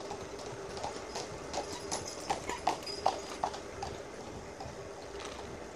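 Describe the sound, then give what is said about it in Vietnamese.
Horse hooves clip-clop in a steady, moderately paced rhythm, sharp knocks rising a little louder midway, over a continuous low rumble and hiss from a horse-drawn carriage. “Này có xe ngựa các bạn thấy không?”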